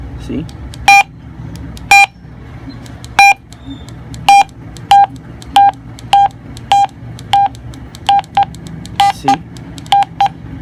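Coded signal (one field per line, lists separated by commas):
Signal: none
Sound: a radio's volume beeps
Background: speech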